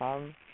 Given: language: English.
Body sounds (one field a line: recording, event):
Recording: throat vibration sensor signal played as sound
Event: speech